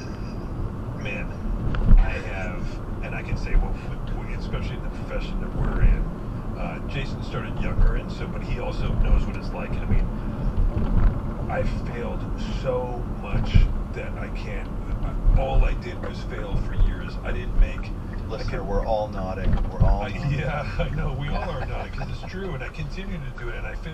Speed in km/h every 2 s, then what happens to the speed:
44, 44, 45, 47, 47, 48, 45, 42, 37, 29, 15, 8.
0-8 steady at about 45. 8-24 slows to 8.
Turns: none.